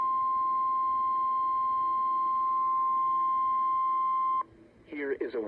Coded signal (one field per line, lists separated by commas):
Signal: Emergency Alert System (SAME) tones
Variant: 1050 Hz attention tone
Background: speech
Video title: Winter Storm Warning With EAS #winterstormwarning #eas #heavysnowfall